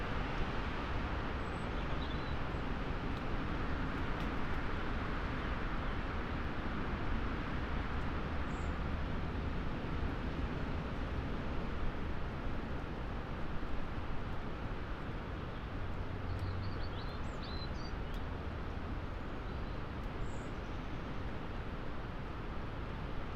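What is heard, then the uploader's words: Winter gales roar through a moorland forest in a thick, unbroken rush, heavy in the low end with a deep rumble underneath. The roar barely changes level, swelling slightly around ten and sixteen seconds, while a few faint, thin high chirps surface now and then. Moorland forest mid winter gales. To be half way up a lonely Peak District moor, off the puddled track, looking down, into a mixed plantation of tall murmuring trees. Scots pine and spruce.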